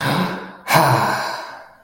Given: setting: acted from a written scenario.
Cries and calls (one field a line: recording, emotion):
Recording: vocal sound without words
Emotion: pride